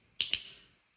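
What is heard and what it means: A utility razor blade carrier is pushed into the handle of a Boker Plus Bill and Ted Operation folding knife/box cutter combo after its release button was modified and then depressed. A sharp, bright click at 0.2 s shows the carrier seating in place, followed by a second snap at 0.3 s that rings out and fades by about 0.8 s.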